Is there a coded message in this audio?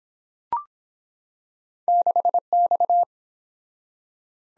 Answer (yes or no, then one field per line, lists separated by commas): yes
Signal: Morse code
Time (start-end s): 1.9-3.0 s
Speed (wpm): 23 wpm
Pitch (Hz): 700 Hz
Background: none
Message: 6X